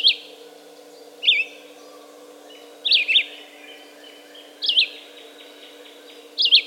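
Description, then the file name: Red-eyed vireo giving wavering, slurred whistled phrases spaced one to two seconds apart, with a faint continuous low hum in the background. "red-eyed vireo song by jonathon jongsma"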